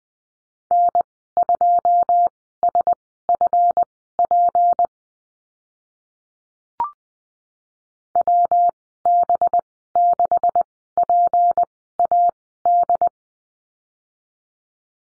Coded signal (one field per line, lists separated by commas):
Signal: Morse code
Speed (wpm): 20 wpm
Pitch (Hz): 700 Hz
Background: none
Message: N2SFP WB6PAD